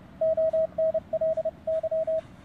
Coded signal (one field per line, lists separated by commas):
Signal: Morse code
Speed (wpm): 26 wpm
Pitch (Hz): 620 Hz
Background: radio noise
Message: ONLY